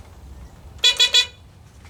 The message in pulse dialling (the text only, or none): none